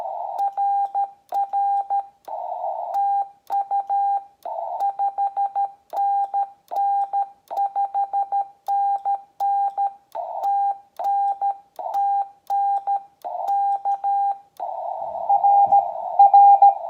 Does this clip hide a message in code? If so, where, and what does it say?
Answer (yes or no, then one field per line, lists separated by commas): yes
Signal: Morse code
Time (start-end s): 0.4-16.7 s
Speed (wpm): 16 wpm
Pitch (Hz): 800 Hz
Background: none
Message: RR TU 5NN5NN TN TN K R R